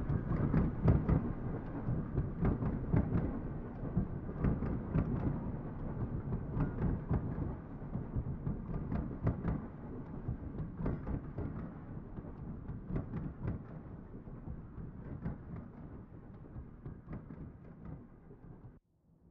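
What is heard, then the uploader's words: A train rumbles along with a heavy, continuous low roar, overlaid by dense, irregular clacks and knocks that repeat every fraction of a second. The sound stays fairly steady, easing slightly over time, then cuts off abruptly near the end. Train Sounds.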